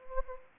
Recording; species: mosquito wingbeat signal from an infrared sensor; Anopheles gambiae